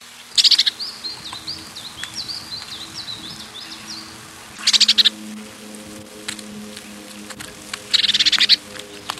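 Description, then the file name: Azure tit giving three brief high trilled bursts a few seconds apart, with a thin wavering warbled series of notes running between the first two. Recorded 30 April 1993. "Pcyanus 1 30 04 93"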